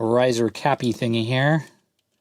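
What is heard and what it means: Someone talks while the small plastic riser on a mechanical key switch of a vintage Apple II Plus computer keyboard is handled and pressed back on, after the switch has been clipped into the base plate. The speech stops around 1.8 s and is followed by near silence with only a very faint blip. Nothing has seated or clicked yet.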